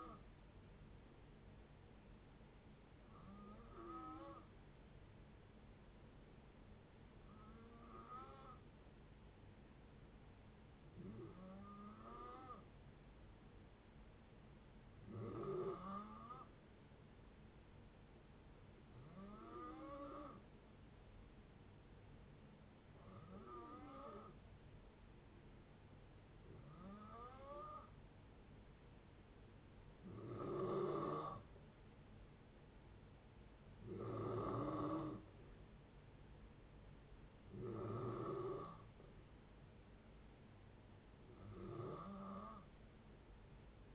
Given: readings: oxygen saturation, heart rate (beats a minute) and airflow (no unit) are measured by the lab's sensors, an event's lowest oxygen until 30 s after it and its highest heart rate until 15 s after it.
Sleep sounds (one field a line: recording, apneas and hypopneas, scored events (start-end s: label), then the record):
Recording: breathing in sleep by a voice recorder at the bedside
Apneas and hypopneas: 1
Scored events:
3.00-21.50 s: hypopnea (N2, oxygen 94% highest, then 90% lowest, heart rate 60 at the start, 60 highest)
From the record:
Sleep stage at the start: N2 (light sleep)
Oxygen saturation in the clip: 90 to 94%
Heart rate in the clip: 57 to 63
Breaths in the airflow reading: 11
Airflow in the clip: -6.3 to 4.4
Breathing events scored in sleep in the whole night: 496 in 5.4 hours asleep